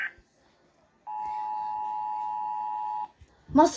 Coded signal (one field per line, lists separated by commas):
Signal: Emergency Alert System (SAME) tones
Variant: 853 and 960 Hz attention tone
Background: speech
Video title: Ranking EAS Alarms From Different Countries (Teir List)